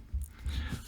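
The brake booster push rod's self-adjusting collar on the brake pedal ratchets as the pedal is pulled gently back, and the third click at 0.2 s marks the set point. The adjuster has seated in its third position. There are low thumps around 0.1–0.2 s and 0.5–0.7 s, with a sharp click at 0.2 s.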